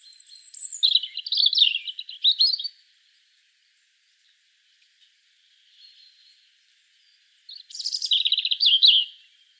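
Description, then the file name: European robin delivering a high, liquid warbled phrase, then a long quiet gap with a faint note, then a second phrase starting with a thin sharp whistle. "Erithacus rubecula"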